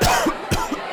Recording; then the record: coughing mixed with background sound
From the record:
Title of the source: Coughing 51